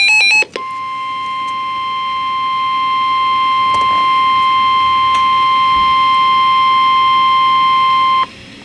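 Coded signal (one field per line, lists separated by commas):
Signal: Emergency Alert System (SAME) tones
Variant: 1050 Hz attention tone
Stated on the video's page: Severe thunderstorm and tornado watches, severe thunderstorm warnings and a special marine warning for North Florida and nearby coastal waters.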